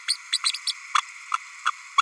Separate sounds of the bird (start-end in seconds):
0.08-0.17, 0.32-0.38, 0.43-0.52, 0.66-0.72, 0.98-1.02, 1.33-1.38, 1.65-1.71